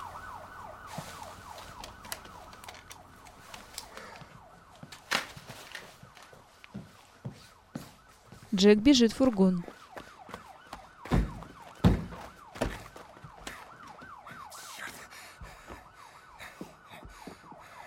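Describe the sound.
A police siren wails steadily in rapid rising-and-falling cycles for the whole stretch, with a man's voice briefly speaking over it midway and a few sharp knocks scattered throughout.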